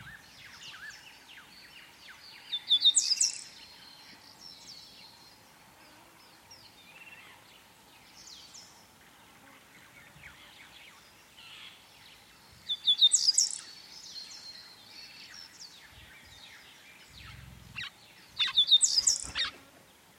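African savanna ambience with birds singing throughout: many quick chirps and tweets overlap, with louder bright bursts of song near 3, 13 and 19 seconds. A faint steady insect hum runs underneath, and a few soft low thumps occur around 17 to 18 seconds.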